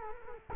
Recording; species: mosquito wingbeat signal from an infrared sensor; Culex quinquefasciatus